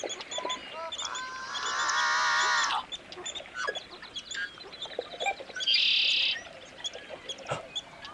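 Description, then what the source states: Sandhill Crane: a loud rolling call lasting nearly two seconds, followed later by a shorter, higher bird call. Heard at sunrise on a marsh along Slough Creek in Yellowstone.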